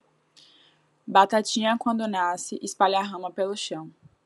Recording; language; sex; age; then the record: short text; Brazilian Portuguese; female; 20 to 29 years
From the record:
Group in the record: control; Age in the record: 23 years